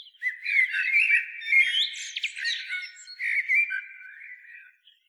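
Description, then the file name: Eurasian blackbird giving one long phrase of fluting, warbled notes mixed with thin, scratchy twitters, fading out at the end. "Turdus merula"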